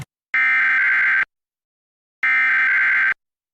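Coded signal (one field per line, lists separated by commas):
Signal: Emergency Alert System (SAME) tones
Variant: header bursts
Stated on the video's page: KTLA-TV Required Weekly Test EAS tones.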